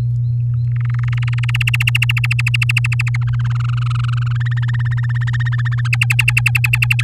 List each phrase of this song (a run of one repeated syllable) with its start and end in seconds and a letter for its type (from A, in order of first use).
0.67-1.51 A, 1.54-3.17 B, 3.21-4.33 C, 4.35-5.88 D, 5.93-7.02 E